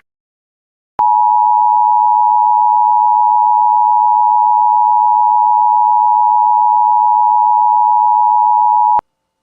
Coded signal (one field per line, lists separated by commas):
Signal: Emergency Alert System (SAME) tones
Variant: 853 and 960 Hz attention tone